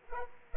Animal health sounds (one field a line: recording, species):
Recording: mosquito wingbeat signal from an infrared sensor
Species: Aedes aegypti